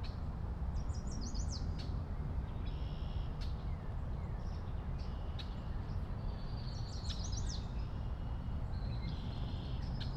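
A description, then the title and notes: Birdsong along a walk through the Wilma H. Schiermeier Olentangy River Wetland Research Park, over a steady low rumble. A bird repeats quick, bright, rising chirp runs near the start and around seven seconds, while thinner whistles and sharp clicks come and go. A walk through the Wilma H. Schiermeier Olentangy River Wetland Research Park.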